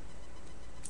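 A plastic joint on a Transformers: Revenge of the Fallen Human Alliance Bumblebee transforming toy robot is twisted again after a failed try. It gives a short, sharp snap at 0.9 seconds as it seats firmly into place with a quick jar. No words are heard in the clip.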